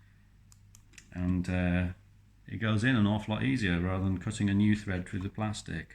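A small Phillips zero screw is turned backwards in the plastic screw boss of a Logitech MX Anywhere 2 mouse housing until it clicks at 0.5 s and 0.8 s, showing it has dropped into the existing thread rather than cutting a new one through the plastic. Someone then talks.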